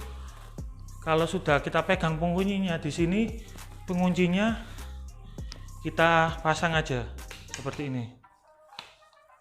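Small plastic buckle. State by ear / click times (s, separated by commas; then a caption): seated / 8.8 s. Someone talks over background music while wearing a chest strap and pushing the two halves of its plastic side-release buckle together. A sharp click at 8.8 s marks the buckle snapping shut and seating.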